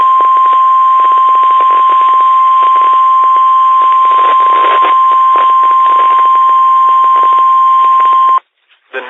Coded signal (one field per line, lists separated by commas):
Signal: Emergency Alert System (SAME) tones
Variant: 1050 Hz attention tone